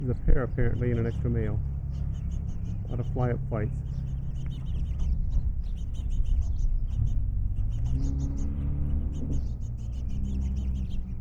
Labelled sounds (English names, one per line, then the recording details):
House Finch song
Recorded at Oceanside on Long Island, New York, on 17 June 1975
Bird D